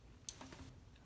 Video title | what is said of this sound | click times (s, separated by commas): JDC Evo 4-9 DIY COP Kit Instructions | you just slide it in and you're gonna hear a little click okay | 0.3 s